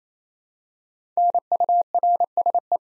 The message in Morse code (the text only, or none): NURSE